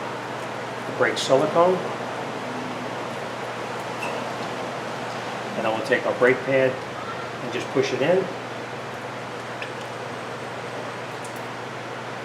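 Someone talks while handling a brake pad with a spring retaining clip, lubricated with brake silicone, and pushing it toward the brake caliper of a 2003–2011 Mercury Grand Marquis / Ford Crown Victoria, over a steady low hum. The clip ends before the pad goes home, so nothing has seated or clicked yet.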